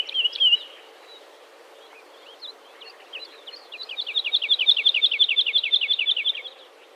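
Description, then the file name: Woodlark song: a brief warbled phrase, then a pause, scattered soft notes, and a long run of repeated descending liquid notes. "Heidelerche"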